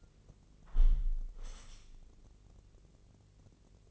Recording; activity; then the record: daily activity, microphone in the room; close window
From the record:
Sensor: 4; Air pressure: 1013.1 hPa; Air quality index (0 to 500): 166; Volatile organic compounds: 2 ppm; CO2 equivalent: 1052 ppm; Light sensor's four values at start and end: 40/99/40/41 and 40/97/40/40